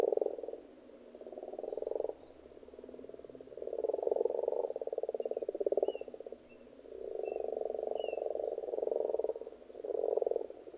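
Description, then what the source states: Frogs croaking in surging waves of rattling pulses with short lulls between, and a few faint high chirps in the background. Frogs in a pond.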